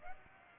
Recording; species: mosquito wingbeat signal from an infrared sensor; Aedes aegypti